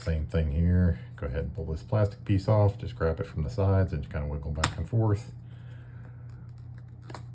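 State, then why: Released. Someone talks while a plastic cover piece on a key fob housing is gripped by its sides and wiggled back and forth, followed by a few faint plastic ticks. At 7.2 s a sharp snap sounds as the cover pops loose and comes off the key fob.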